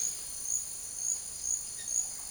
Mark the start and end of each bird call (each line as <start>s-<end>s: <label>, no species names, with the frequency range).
1.75s-1.95s: bird call (1.0-4.0 kHz)